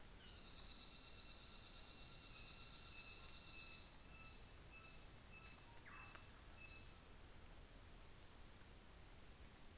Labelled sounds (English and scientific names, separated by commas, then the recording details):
North Island Saddleback (Philesturnus rufusater)
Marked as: faintness 2/5, faintness 3/5
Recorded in New Zealand on 24 December 2018
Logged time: 11:00